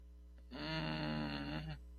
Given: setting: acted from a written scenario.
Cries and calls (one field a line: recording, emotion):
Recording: vocal sound without words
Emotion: embarrassment